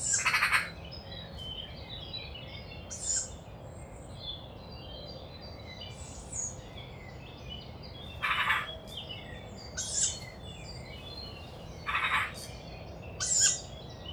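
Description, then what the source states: Tawny owl young making several harsh, breathy hisses at irregular intervals, alongside a chorus of thin songbird whistles. Young wild tawny owl overhead near a nest site, Bois de Vincennes, France, woodland, 29 May 2019 at 5:15 am; characteristic breathy call of young owls; recorded with Mixpre-3 and two MKH40 microphones.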